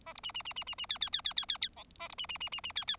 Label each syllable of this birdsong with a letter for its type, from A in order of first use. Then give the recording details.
A B C C C C C C D D D D D D D E A B C C C C C D D. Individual Bird4